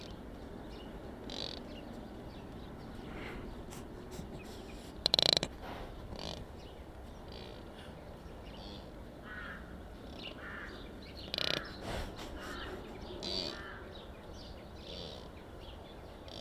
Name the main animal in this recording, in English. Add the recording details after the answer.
Mule Deer. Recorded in captivity. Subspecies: hemionus. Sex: male. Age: adult. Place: Tierpark Berlin, Berlin, DE. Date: 1967-12-02 13:00. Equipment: R 20/1, Sennheiser MD 421. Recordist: Tembrock, Günter